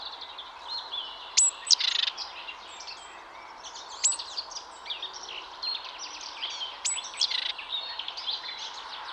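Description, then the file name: Great tit calls: a thin high note followed by a buzzy, rasping burst, heard three times, over a busy background chorus of other chirping birds. "Parus major"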